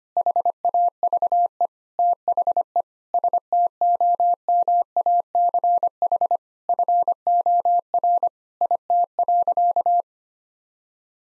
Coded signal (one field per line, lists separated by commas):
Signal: Morse code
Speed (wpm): 25 wpm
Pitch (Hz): 700 Hz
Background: none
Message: HAVE THE STOMACH FOR IT.